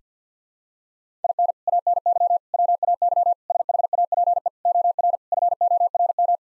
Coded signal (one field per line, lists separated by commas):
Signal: Morse code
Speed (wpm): 50 wpm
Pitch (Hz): 700 Hz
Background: none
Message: IN ANY WAY SHAPE OR FORM